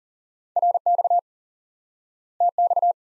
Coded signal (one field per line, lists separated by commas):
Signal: Morse code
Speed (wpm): 40 wpm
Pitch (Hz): 700 Hz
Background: none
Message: RX TX